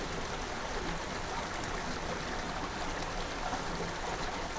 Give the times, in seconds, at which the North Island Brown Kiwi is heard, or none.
none